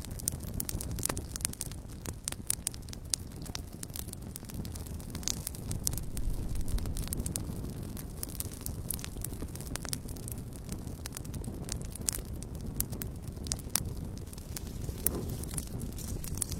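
A campfire at night, with sharp crackles and pops breaking out irregularly, several every second, across the whole clip. Beneath them a steady low rumble of the flames holds, even, with no other sounds standing out.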